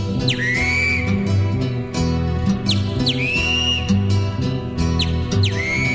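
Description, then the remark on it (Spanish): A great kiskadee calls three times, each a shrill, falling whistle that settles into a drawn-out tone, ringing out above steady instrumental music. “Grita el bicho feo.”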